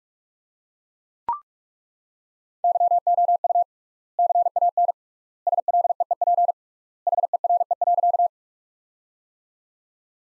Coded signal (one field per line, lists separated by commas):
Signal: Morse code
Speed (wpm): 41 wpm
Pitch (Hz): 700 Hz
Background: none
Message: YOU CAN SLEEP HERE.